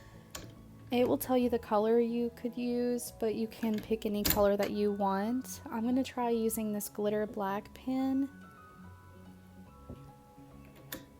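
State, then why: Seated. A glitter black marker pen is pushed into the accessory clamp of a cutting machine while someone talks over soft background music. After the talking stops, the pen clicks into the clamp at 10.9 s, a sharp, short snap that shows it has seated.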